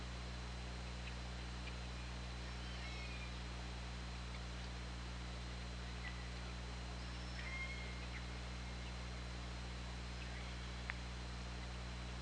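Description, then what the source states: Orca calls, faint tonal sweeps rising and falling near the upper mid-range, scattered throughout over a steady low underwater hum and hiss. Recorded on an OrcaLab hydrophone, underwater, 24 August 2017 at 20:39.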